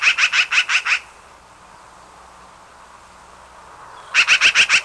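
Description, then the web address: Black-billed magpie giving a rattling chatter of about six harsh, evenly spaced notes, a quiet gap of three seconds, then another matching burst. "peterchen. 101 Bird Songs. Black Billed Magpie"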